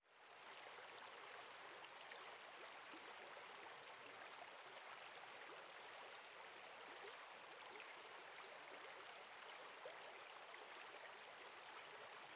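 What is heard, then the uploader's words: A waterfall on a river roars in a steady, dense rush from start to finish, with no pauses or swells. The sound is bright and hissing, filling the upper range while the low end stays thin. Cascada Del Rio Pipo - Lapataia. Recorrido sonoro por Uahuaia y Lapataia - Tierra del Fuego - Argentina.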